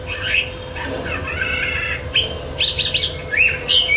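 Bird calling with a few harsh, buzzy notes, then a quick run of bright chirps and short whistles toward the end.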